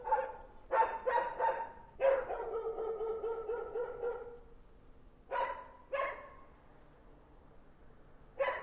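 Dog barks rapidly several times, then gives a long drawn-out whine before a few more spaced single barks.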